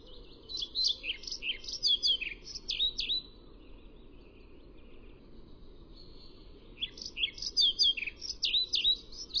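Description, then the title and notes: European pied flycatcher song: two bright, jerky phrases of high sweet chirps and slurred notes, one early and one late, with a steady low background hum. Recorded at Røysjø on 30 April 2011. "Svarthvitfluesnapper. Røysjø 300411 by forskningno"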